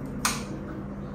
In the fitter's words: jadi untuk cara penggunaannya tadi digeser Sampai bunyi klik lalu